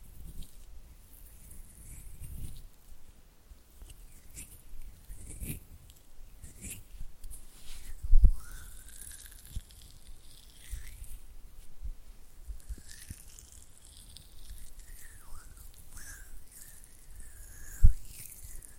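Oily hand and flutter finger sounds: soft, wet, squelching strokes and quick fluttering taps come in irregular bursts throughout. Faint gliding squeaks and rubbing noises drift in and out, and two sharp louder slaps land near eight and eighteen seconds.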